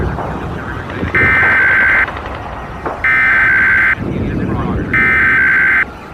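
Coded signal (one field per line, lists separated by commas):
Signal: Emergency Alert System (SAME) tones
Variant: header bursts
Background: speech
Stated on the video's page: Fictional EAS scenario, not a real alert.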